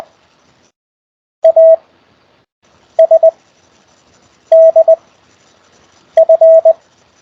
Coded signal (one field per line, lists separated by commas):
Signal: Morse code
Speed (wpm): 20 wpm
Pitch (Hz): 650 Hz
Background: none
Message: A S D F